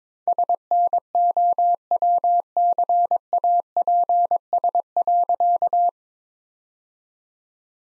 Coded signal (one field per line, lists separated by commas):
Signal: Morse code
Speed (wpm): 22 wpm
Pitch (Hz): 700 Hz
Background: none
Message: SNOWCAPS.